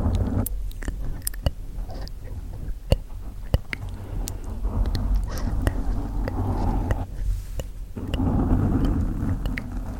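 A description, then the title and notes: Gentle mouth sounds with soft wet clicks and smacks scattered throughout, a few sharper pops near three and three and a half seconds. Beneath them runs a steady low rumble of mic handling and scratching that swells around six and again after eight seconds. ASMR Mic Scratching & Gentle Mouth Sounds.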